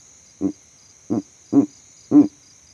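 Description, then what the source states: Verreaux's eagle owl uttering four deep, gruff hoots spaced about half a second or more apart, with a persistent high insect buzz in the background. Male advertising his territory from a tree in savanna; captured by an overnight sound recording rig set up in that same tree.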